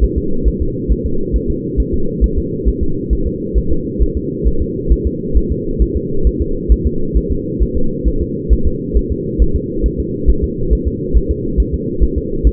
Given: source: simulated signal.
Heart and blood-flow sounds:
fetal heart sounds
0.04 s: S1
0.18 s: S2
0.48 s: S1
0.62 s: S2
0.92 s: S1
1.06 s: S2
1.36 s: S1
1.50 s: S2
1.80 s: S1
1.94 s: S2
2.24 s: S1
2.38 s: S2
2.68 s: S1
2.83 s: S2
3.13 s: S1
3.27 s: S2
3.58 s: S1
3.72 s: S2
4.03 s: S1
4.17 s: S2
4.47 s: S1
4.62 s: S2
4.92 s: S1
5.07 s: S2
5.37 s: S1
5.52 s: S2
5.82 s: S1
5.97 s: S2
6.27 s: S1
6.41 s: S2
6.72 s: S1
6.87 s: S2
7.17 s: S1
7.32 s: S2
7.62 s: S1
7.77 s: S2
8.08 s: S1
8.22 s: S2
8.53 s: S1
8.67 s: S2
8.97 s: S1
9.12 s: S2
9.42 s: S1
9.56 s: S2
9.86 s: S1
10.00 s: S2
10.30 s: S1
10.44 s: S2
10.73 s: S1
10.88 s: S2
11.17 s: S1
11.31 s: S2
11.60 s: S1
11.74 s: S2
12.03 s: S1
12.18 s: S2
12.47 s: S1
From the record:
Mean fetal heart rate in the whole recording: 135 bpm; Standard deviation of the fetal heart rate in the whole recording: 3 bpm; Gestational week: 34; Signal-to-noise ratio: -8.1 dB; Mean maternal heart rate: 72 bpm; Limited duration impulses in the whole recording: absent

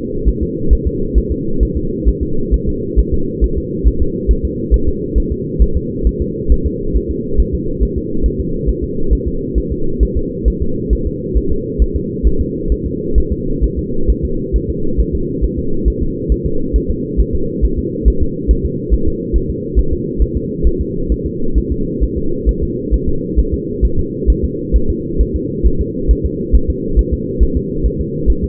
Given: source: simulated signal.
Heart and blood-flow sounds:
fetal heart sounds
0.28 s: S1
0.43 s: S2
0.73 s: S1
0.87 s: S2
1.18 s: S1
1.32 s: S2
1.63 s: S1
1.77 s: S2
2.09 s: S1
2.23 s: S2
2.54 s: S1
2.69 s: S2
2.99 s: S1
3.14 s: S2
3.44 s: S1
3.58 s: S2
3.87 s: S1
4.02 s: S2
4.31 s: S1
4.45 s: S2
4.74 s: S1
4.89 s: S2
5.18 s: S1
5.32 s: S2
5.62 s: S1
5.77 s: S2
6.07 s: S1
6.22 s: S2
6.52 s: S1
6.67 s: S2
6.97 s: S1
7.11 s: S2
7.40 s: S1
7.55 s: S2
7.83 s: S1
7.98 s: S2
8.26 s: S1
8.41 s: S2
8.69 s: S1
8.84 s: S2
9.13 s: S1
9.28 s: S2
9.58 s: S1
9.72 s: S2
10.03 s: S1
10.17 s: S2
10.48 s: S1
10.62 s: S2
10.93 s: S1
11.07 s: S2
11.37 s: S1
11.52 s: S2
11.82 s: S1
11.96 s: S2
12.27 s: S1
12.41 s: S2
12.72 s: S1
12.86 s: S2
13.18 s: S1
13.32 s: S2
13.64 s: S1
13.79 s: S2
14.10 s: S1
14.25 s: S2
14.56 s: S1
14.70 s: S2
15.00 s: S1
15.15 s: S2
15.44 s: S1
15.59 s: S2
15.88 s: S1
16.03 s: S2
16.32 s: S1
16.46 s: S2
16.76 s: S1
16.91 s: S2
17.20 s: S1
17.35 s: S2
17.65 s: S1
17.79 s: S2
18.08 s: S1
18.23 s: S2
18.51 s: S1
18.66 s: S2
18.94 s: S1
19.08 s: S2
19.36 s: S1
19.50 s: S2
19.79 s: S1
19.93 s: S2
20.22 s: S1
20.37 s: S2
20.67 s: S1
20.81 s: S2
21.12 s: S1
21.26 s: S2
21.58 s: S1
21.72 s: S2
22.03 s: S1
22.18 s: S2
22.49 s: S1
22.63 s: S2
22.94 s: S1
23.09 s: S2
23.39 s: S1
23.54 s: S2
23.85 s: S1
23.99 s: S2
24.30 s: S1
24.45 s: S2
24.76 s: S1
24.90 s: S2
25.21 s: S1
25.36 s: S2
25.66 s: S1
25.81 s: S2
26.11 s: S1
26.26 s: S2
26.55 s: S1
26.70 s: S2
26.99 s: S1
27.14 s: S2
27.43 s: S1
27.57 s: S2
27.86 s: S1
28.01 s: S2
28.30 s: S1
28.44 s: S2
From the record:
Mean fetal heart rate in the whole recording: 135 bpm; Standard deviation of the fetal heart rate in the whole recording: 3 bpm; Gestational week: 34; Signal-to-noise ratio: -8.1 dB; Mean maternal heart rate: 72 bpm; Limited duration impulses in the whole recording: absent

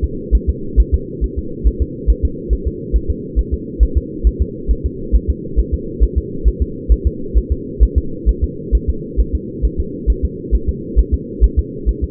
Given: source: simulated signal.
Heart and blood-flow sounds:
fetal heart sounds
0.04 s: S2
0.35 s: S1
0.49 s: S2
0.80 s: S1
0.94 s: S2
1.24 s: S1
1.39 s: S2
1.67 s: S1
1.82 s: S2
2.10 s: S1
2.25 s: S2
2.53 s: S1
2.67 s: S2
2.96 s: S1
3.10 s: S2
3.39 s: S1
3.54 s: S2
3.83 s: S1
3.97 s: S2
4.27 s: S1
4.42 s: S2
4.71 s: S1
4.86 s: S2
5.15 s: S1
5.30 s: S2
5.59 s: S1
5.74 s: S2
6.03 s: S1
6.18 s: S2
6.48 s: S1
6.62 s: S2
6.92 s: S1
7.07 s: S2
7.38 s: S1
7.52 s: S2
7.83 s: S1
7.98 s: S2
8.29 s: S1
8.44 s: S2
8.75 s: S1
8.89 s: S2
9.20 s: S1
9.35 s: S2
9.65 s: S1
9.80 s: S2
10.10 s: S1
10.25 s: S2
10.55 s: S1
10.69 s: S2
10.99 s: S1
11.14 s: S2
11.44 s: S1
11.59 s: S2
11.89 s: S1
12.04 s: S2
From the record:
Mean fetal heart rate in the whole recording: 135 bpm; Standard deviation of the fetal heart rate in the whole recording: 3 bpm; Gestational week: 34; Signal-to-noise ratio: -4.3 dB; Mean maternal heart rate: 72 bpm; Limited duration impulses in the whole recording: absent

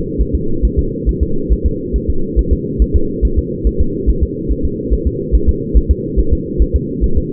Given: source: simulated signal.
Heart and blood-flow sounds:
fetal heart sounds
0.21 s: S1
0.35 s: S2
0.65 s: S1
0.79 s: S2
1.09 s: S1
1.23 s: S2
1.53 s: S1
1.66 s: S2
1.96 s: S1
2.10 s: S2
2.39 s: S1
2.53 s: S2
2.82 s: S1
2.96 s: S2
3.25 s: S1
3.39 s: S2
3.67 s: S1
3.81 s: S2
4.09 s: S1
4.23 s: S2
4.51 s: S1
4.65 s: S2
4.94 s: S1
5.07 s: S2
5.35 s: S1
5.49 s: S2
5.77 s: S1
5.91 s: S2
6.19 s: S1
6.33 s: S2
6.62 s: S1
6.75 s: S2
7.04 s: S1
7.18 s: S2
From the record:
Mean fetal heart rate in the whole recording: 140 bpm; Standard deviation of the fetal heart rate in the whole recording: 2 bpm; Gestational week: 34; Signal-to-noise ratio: -8.1 dB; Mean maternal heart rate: 72 bpm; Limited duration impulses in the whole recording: absent

